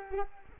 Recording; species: mosquito wingbeat signal from an infrared sensor; Culex quinquefasciatus